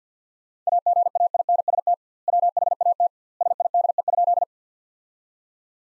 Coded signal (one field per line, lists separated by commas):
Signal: Morse code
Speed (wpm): 47 wpm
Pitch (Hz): 700 Hz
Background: none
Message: AGAINST WHAT SIDE?